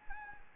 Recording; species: mosquito wingbeat signal from an infrared sensor; Anopheles gambiae